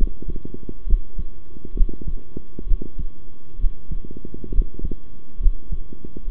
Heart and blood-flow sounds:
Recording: heart sounds by stethoscope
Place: between the tricuspid and mitral areas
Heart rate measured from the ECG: 67 bpm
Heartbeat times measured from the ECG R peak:
0.86 s: heartbeat
1.74 s: heartbeat
2.66 s: heartbeat
3.58 s: heartbeat
4.52 s: heartbeat
5.39 s: heartbeat
6.27 s: heartbeat
From the record:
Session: rest, sitting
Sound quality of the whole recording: good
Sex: male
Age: 23 years

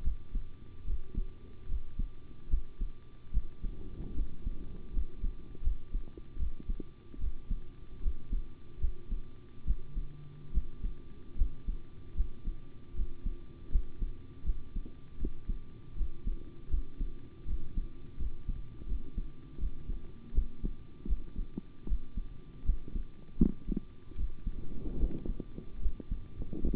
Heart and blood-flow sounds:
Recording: heart sounds by stethoscope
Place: between the tricuspid and mitral areas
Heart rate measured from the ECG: 77 bpm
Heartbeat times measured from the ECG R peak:
0.02 s: heartbeat
0.85 s: heartbeat
1.67 s: heartbeat
2.49 s: heartbeat
3.32 s: heartbeat
4.14 s: heartbeat
4.91 s: heartbeat
5.62 s: heartbeat
6.37 s: heartbeat
7.19 s: heartbeat
8.01 s: heartbeat
8.79 s: heartbeat
9.65 s: heartbeat
10.52 s: heartbeat
11.36 s: heartbeat
12.15 s: heartbeat
12.94 s: heartbeat
13.70 s: heartbeat
14.44 s: heartbeat
15.17 s: heartbeat
15.95 s: heartbeat
16.69 s: heartbeat
17.45 s: heartbeat
18.17 s: heartbeat
18.86 s: heartbeat
19.58 s: heartbeat
20.33 s: heartbeat
21.07 s: heartbeat
21.86 s: heartbeat
22.64 s: heartbeat
23.37 s: heartbeat
24.15 s: heartbeat
24.97 s: heartbeat
25.80 s: heartbeat
26.61 s: heartbeat
From the record:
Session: rest, sitting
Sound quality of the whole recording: good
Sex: male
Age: 25 years

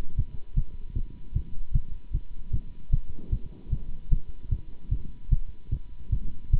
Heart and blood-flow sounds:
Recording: heart sounds by stethoscope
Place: between the tricuspid and mitral areas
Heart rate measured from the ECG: 151 bpm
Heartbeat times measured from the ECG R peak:
0.16 s: heartbeat
0.56 s: heartbeat
0.95 s: heartbeat
1.34 s: heartbeat
1.73 s: heartbeat
2.13 s: heartbeat
2.52 s: heartbeat
2.91 s: heartbeat
3.31 s: heartbeat
3.71 s: heartbeat
4.10 s: heartbeat
4.50 s: heartbeat
4.90 s: heartbeat
5.30 s: heartbeat
5.71 s: heartbeat
6.11 s: heartbeat
6.52 s: heartbeat
From the record:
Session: Bruce protocol treadmill stress test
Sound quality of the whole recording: good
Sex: male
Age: 24 years

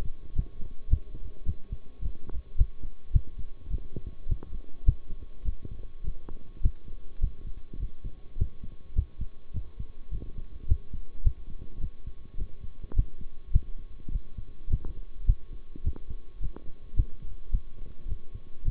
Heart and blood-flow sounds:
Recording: heart sounds by stethoscope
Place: between the tricuspid and mitral areas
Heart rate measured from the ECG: 105 bpm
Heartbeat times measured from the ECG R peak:
0.35 s: heartbeat
0.90 s: heartbeat
1.46 s: heartbeat
2.02 s: heartbeat
2.57 s: heartbeat
3.13 s: heartbeat
3.70 s: heartbeat
4.28 s: heartbeat
4.86 s: heartbeat
5.44 s: heartbeat
6.03 s: heartbeat
6.62 s: heartbeat
7.21 s: heartbeat
7.79 s: heartbeat
8.37 s: heartbeat
8.95 s: heartbeat
9.53 s: heartbeat
10.11 s: heartbeat
10.67 s: heartbeat
11.24 s: heartbeat
11.80 s: heartbeat
12.37 s: heartbeat
12.95 s: heartbeat
13.52 s: heartbeat
14.11 s: heartbeat
14.69 s: heartbeat
15.26 s: heartbeat
15.83 s: heartbeat
16.40 s: heartbeat
16.96 s: heartbeat
17.51 s: heartbeat
18.07 s: heartbeat
18.64 s: heartbeat
From the record:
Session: bicycle stress test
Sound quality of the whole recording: good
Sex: male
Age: 23 years

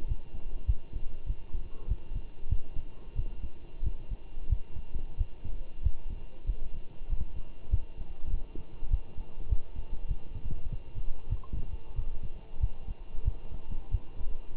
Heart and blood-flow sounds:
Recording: heart sounds by stethoscope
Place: between the tricuspid and mitral areas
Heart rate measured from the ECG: 95 bpm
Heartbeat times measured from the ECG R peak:
0.08 s: heartbeat
0.67 s: heartbeat
1.27 s: heartbeat
1.88 s: heartbeat
2.50 s: heartbeat
3.16 s: heartbeat
3.84 s: heartbeat
4.50 s: heartbeat
5.18 s: heartbeat
5.84 s: heartbeat
6.47 s: heartbeat
7.10 s: heartbeat
7.71 s: heartbeat
8.32 s: heartbeat
8.91 s: heartbeat
9.50 s: heartbeat
10.09 s: heartbeat
10.70 s: heartbeat
11.30 s: heartbeat
11.96 s: heartbeat
12.61 s: heartbeat
13.25 s: heartbeat
13.92 s: heartbeat
14.56 s: heartbeat
From the record:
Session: walking at 3.7 km/h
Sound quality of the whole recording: good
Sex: male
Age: 23 years

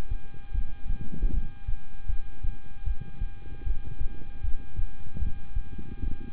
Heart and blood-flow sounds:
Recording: heart sounds by stethoscope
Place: between the tricuspid and mitral areas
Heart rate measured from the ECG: 77 bpm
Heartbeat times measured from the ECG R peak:
0.52 s: heartbeat
1.31 s: heartbeat
2.06 s: heartbeat
2.84 s: heartbeat
3.64 s: heartbeat
4.41 s: heartbeat
5.19 s: heartbeat
6.00 s: heartbeat
From the record:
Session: rest, lying down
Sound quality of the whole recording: good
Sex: male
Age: 26 years

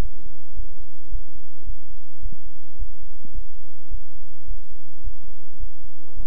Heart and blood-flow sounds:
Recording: heart sounds by stethoscope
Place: between the tricuspid and mitral areas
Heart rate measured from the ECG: 107 bpm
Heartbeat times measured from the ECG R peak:
0.54 s: heartbeat
1.09 s: heartbeat
1.64 s: heartbeat
2.20 s: heartbeat
2.77 s: heartbeat
3.33 s: heartbeat
3.89 s: heartbeat
4.45 s: heartbeat
5.02 s: heartbeat
5.58 s: heartbeat
6.14 s: heartbeat
From the record:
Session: bicycle stress test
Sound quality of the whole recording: good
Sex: male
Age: 26 years

